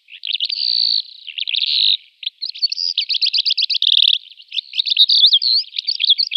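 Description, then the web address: Calandra lark song, a continuous rich jumble of harsh buzzy notes, rapid trills and squeaky whistles pitched high, flowing with only brief breaks for over six seconds in a quiet background. "Schulze Peter Calandra Lark song"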